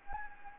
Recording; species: mosquito wingbeat signal from an infrared sensor; Anopheles gambiae